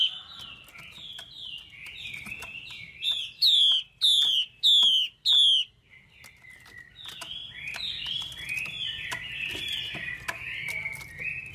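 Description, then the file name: Chinese hwamei song: rambling sweet warbled phrases, then four loud, ringing, downslurred whistles about half a second apart, then more rapid warbling. Female hwamei voice used to stimulate male birds. "Tieng chim hoa mi mai kich trong"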